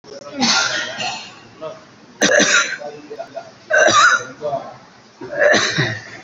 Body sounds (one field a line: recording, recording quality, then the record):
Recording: shallow voluntary cough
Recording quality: moderate, slight background noise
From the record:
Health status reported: COVID-19 positive, mild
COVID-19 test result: positive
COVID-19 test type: RT-PCR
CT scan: not taken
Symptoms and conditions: cough, cold, fever, fatigue, muscle pain, loss of smell and taste, hypertension, diabetes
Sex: male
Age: 64 years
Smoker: no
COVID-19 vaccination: both doses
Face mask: worn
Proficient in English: yes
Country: India